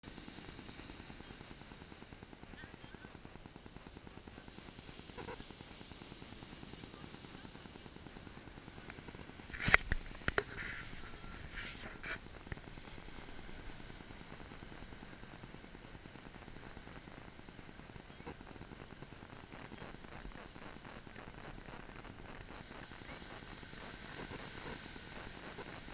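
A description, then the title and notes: Steady low rumble of wind and surf on a Brazilian beach, with a cluster of sharp clattering knocks around ten to twelve seconds. Moonset in a brazilian beach. Brazilian beach, in João Pessoa, Paraíba.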